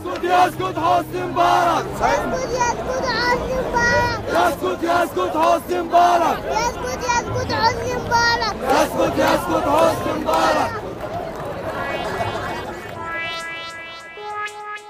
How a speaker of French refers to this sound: Oh non, des enfants sont même de la partie. Oui, comme celui-ci, qui scande un slogan anti-Moubarak, repris par la foule.